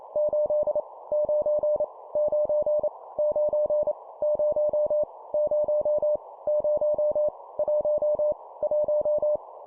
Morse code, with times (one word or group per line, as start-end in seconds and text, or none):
0.2-0.8 8
1.1-1.8 9
2.2-2.9 9
3.2-3.9 9
4.2-5.0 0
5.3-6.2 0
6.5-7.3 0
7.6-8.3 1
8.6-9.4 1